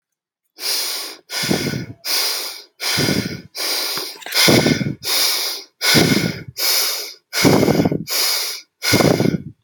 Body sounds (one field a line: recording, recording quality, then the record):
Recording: shallow breathing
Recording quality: excellent, no background noise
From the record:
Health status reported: healthy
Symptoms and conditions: none ticked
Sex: male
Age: 29 years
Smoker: not ticked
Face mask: not worn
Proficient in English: yes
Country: India